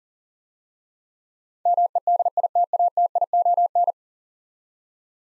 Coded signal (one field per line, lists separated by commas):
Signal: Morse code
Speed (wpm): 37 wpm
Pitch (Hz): 700 Hz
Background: none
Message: MEDITATION